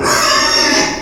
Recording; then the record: squeal of a Yucatan mini pig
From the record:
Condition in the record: before surgery on the right vocal fold (resection and tissue-engineered implant); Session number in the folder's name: 1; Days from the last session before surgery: -3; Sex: male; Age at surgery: 12 weeks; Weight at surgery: 13 kg